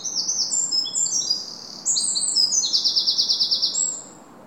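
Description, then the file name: Eurasian wren song, a brisk cascade of high, sharp notes ending in a rattling trill, then falling quiet in the last half second. "Troglodytes troglodytes"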